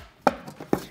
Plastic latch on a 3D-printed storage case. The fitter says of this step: working locking mechanism and if you're wondering why there's such a satisfying Snappy click